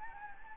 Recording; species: mosquito wingbeat signal from an infrared sensor; Anopheles gambiae